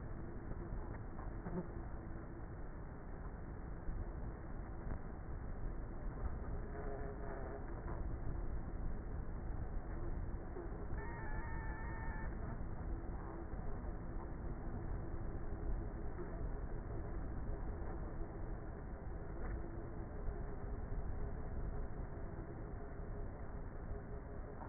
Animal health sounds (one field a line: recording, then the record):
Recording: honeybee colony, microphone inside the hive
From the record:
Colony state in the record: queenless with a low population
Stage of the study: before two queens were removed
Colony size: about 30,000 bees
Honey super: no